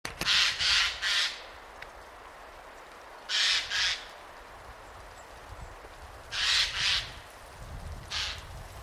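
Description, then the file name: Eurasian jay giving harsh, rasping screeches, mostly in doubled or tripled bursts roughly every three seconds, with quiet background between calls. "Garrulus glandarius"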